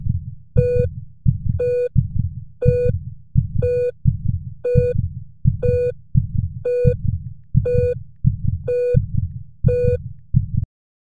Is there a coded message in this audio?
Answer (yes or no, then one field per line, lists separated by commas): no